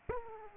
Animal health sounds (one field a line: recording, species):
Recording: mosquito wingbeat signal from an infrared sensor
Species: Aedes aegypti